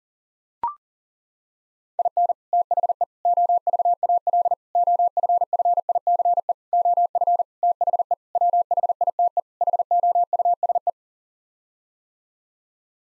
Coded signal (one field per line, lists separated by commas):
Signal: Morse code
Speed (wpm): 40 wpm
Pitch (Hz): 700 Hz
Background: none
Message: IN THE OVAL OFFICE OF THE WHITE HOUSE